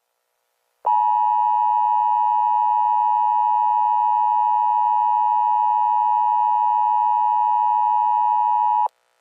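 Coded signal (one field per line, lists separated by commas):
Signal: Emergency Alert System (SAME) tones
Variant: 853 and 960 Hz attention tone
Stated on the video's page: A fictional EAS scenario, not a real alert.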